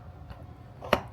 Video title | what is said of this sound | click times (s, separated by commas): This Recliner Has EVERYTHING! Power Headrest, USB-C, Tray Table & LED Lights | move it over, make sure it snaps right in, and now you have it on this side. | 0.9 s